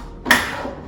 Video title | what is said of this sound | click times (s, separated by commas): Mayer MMSM101 Stand Mixer Unboxing - Baking Soda Kitchen | and it will move down by itself and you will hear that click once it's locked in place | 0.3 s